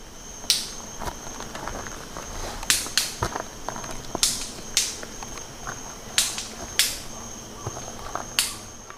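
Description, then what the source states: Rufous-vented ground cuckoo giving several sharp, dry snapping clicks at uneven intervals over a steady high-pitched insect-like whine. Known locally as jacu-estalo.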